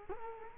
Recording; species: mosquito wingbeat signal from an infrared sensor; Culex quinquefasciatus